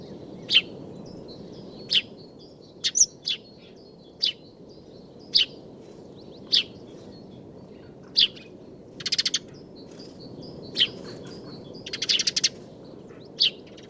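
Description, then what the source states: House sparrow chirps at irregular intervals, with two short buzzy chattering bursts, over steady low background noise. Two house sparrows singing and displaying while perched on nest boxes under the eaves of a small farmyard, recorded in winter in Sweden.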